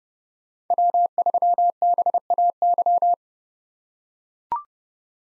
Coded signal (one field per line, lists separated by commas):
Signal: Morse code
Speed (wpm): 30 wpm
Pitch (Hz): 700 Hz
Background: none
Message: W3BAY